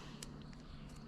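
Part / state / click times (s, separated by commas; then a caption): shock retainer clip onto RC truck shock mount / not seated / none. A small plastic shock retainer clip is handled at the shock mount of a Traxxas Sledge RC truck as the shock is refitted. A low steady hum runs underneath, with a sharp bright tick at about 0.2 s and two softer ticks around 0.4 and 0.5 s. Nothing has seated or clicked into place yet.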